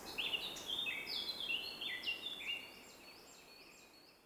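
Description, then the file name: Bird song with a rapid string of slurred, stepping notes, then a softer series of short repeated chirps fading away, with faint hiss behind. Morning bird song. "Deep Sleep Sleep Sound Library Body HI - Morning Bird Song"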